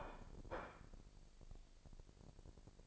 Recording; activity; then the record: daily activity, microphone in the room; place plate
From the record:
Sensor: 5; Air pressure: 1007.6 hPa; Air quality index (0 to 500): 92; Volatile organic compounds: 1 ppm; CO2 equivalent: 722 ppm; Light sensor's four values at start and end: 35/82/33/34 and 35/82/33/34